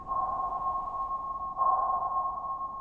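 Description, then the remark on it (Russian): A sonar ping sound effect, as from a sonar that detects objects in water using sound waves: a steady, high electronic tone that sustains throughout, swelling into a second, stronger ping partway through, with a faint low rumble underneath and no voices. “Это такие инструменты, которые при помощи радиоволн и звуковых волн могут обнаруживать объекты.”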